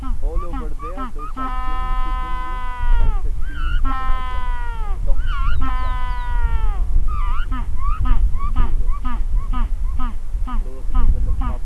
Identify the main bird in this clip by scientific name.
Pygoscelis papua